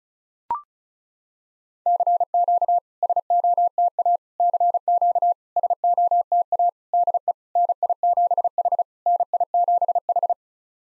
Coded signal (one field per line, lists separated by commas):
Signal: Morse code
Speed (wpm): 36 wpm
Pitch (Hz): 700 Hz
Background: none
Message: CQ SOTA CQ SOTA DE NI7H NI7H